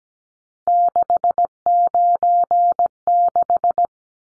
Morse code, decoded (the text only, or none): 696